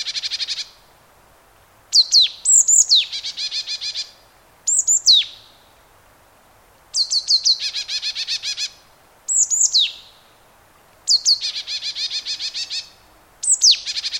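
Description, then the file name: Marsh tit calling repeatedly: high down-slurred notes, often leading into quick buzzy chatters, in bursts every couple of seconds against a quiet background. "Poecile palustris"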